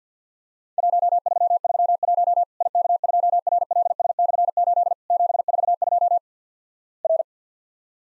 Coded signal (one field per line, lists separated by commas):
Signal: Morse code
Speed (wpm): 46 wpm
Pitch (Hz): 700 Hz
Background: none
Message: 1331 IK2RLS/8 742 R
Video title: Worked All Europe DX Contest QTC Exchange 50wpm